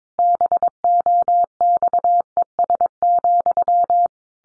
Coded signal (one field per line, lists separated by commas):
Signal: Morse code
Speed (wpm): 22 wpm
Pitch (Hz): 700 Hz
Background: none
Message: BOXES,